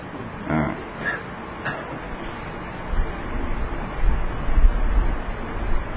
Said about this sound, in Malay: Kambing ya. Nampak? Pasangan kambing dia panggil.